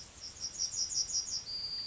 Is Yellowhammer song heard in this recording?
yes